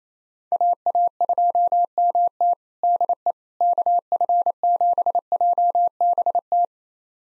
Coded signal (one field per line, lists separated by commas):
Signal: Morse code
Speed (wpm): 27 wpm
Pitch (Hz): 700 Hz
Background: none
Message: AA2MT DE KF7JBT